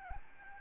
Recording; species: mosquito wingbeat signal from an infrared sensor; Aedes albopictus